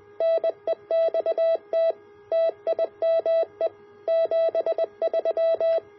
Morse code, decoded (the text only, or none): NEXT TIME 73